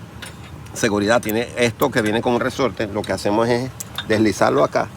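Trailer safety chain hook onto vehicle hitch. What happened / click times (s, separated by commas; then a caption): Handled, not yet home: the metal chain hook is moved into place but no snap is heard / none. A metal trailer safety chain hook with a spring-loaded gate is handled and slid toward the vehicle's hitch attachment point while someone talks, with faint metallic clinks under the voice. Nothing has seated or clicked yet; the clip ends before the gate snaps shut.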